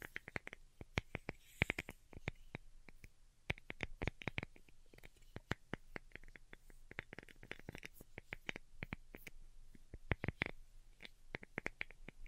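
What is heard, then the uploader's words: Delicate tapping, a steady stream of light, crisp taps with a bright, clicky edge. They fall irregularly, sometimes in quick clusters and sometimes with short pauses, and keep going for the whole twelve seconds. A faint low hum sits underneath. ASMR DELICATE Tapping for Sleep (No Talking).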